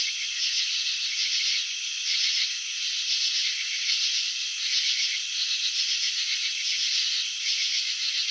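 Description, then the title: Crickets produce a shrill pulsing trill that swells louder in bursts. Crickets chirping, filmed in slow motion; wing vibrations and antenna movements shown. "Crickets in Slow Motion 📷. Capturing the Elegance of Chirping"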